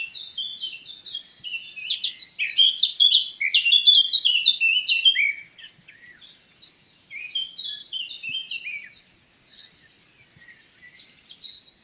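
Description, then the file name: Eurasian blackcap singing a fast, jumbled warble for several seconds, then a quieter second phrase of chattering notes after a short pause. "Sylvia atricapilla"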